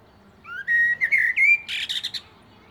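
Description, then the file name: Common blackbird: smooth rising and level fluted whistles, ending abruptly in a rapid burst of high, harsh chattering notes. "Turdus merula"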